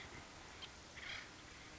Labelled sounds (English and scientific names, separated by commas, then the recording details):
Acorn Woodpecker (Melanerpes formicivorus)
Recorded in Sonoma County, California